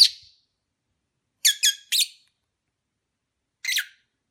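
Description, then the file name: Lovebird chirps, sharp high notes: one at the start, a quick run of three after a pause, then a single later call. Mating ritual sounds of lovebirds. "lovebird omkicau"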